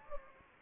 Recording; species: mosquito wingbeat signal from an infrared sensor; Anopheles gambiae